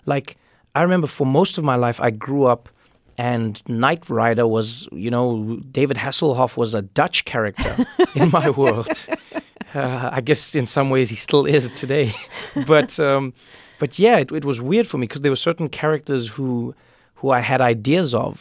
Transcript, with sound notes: like - I remember, for most of my life, I grew up, and "Knight Rider" was, you know - David Hasselhoff was a Dutch character in my world.
(Laughter).
I guess, in some ways, he still is today. But, yeah, it was weird for me because there were certain characters who I had ideas of.